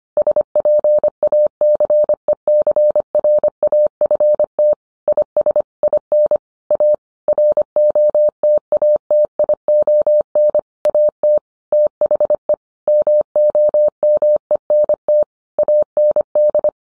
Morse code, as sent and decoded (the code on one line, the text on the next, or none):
... .--. .- -.-. . -.-. .-. .- ..-. - / .. ... / .. -. / .- / .-. --- - .- - .. --- -. / .- - / - .... . / -- --- -- . -. - / .- -. -..
SPACECRAFT IS IN A ROTATION AT THE MOMENT AND